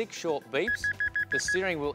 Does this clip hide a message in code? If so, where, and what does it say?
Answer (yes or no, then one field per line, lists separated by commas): no